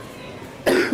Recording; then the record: coughing mixed with background sound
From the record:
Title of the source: Coughing 77